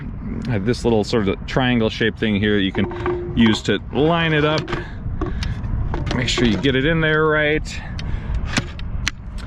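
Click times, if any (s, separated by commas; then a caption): 9.1 s. Someone talks while the large integrated battery pack of a SONDORS LX e-bike is lined up with a small triangle-shaped guide and set back into the frame's downtube cavity. A sharp knock is heard at 9.1 s as it goes in. The battery is seated but not yet locked, since it still has to be locked with the key.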